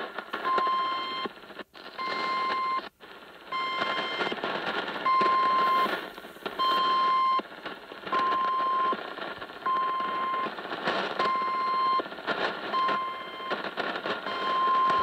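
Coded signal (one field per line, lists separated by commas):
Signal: unidentified radio signal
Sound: steady series of short buzzy beeps near 1 kHz, roughly one per second, in noise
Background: radio static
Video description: 4185kHz. Beeping signal UNID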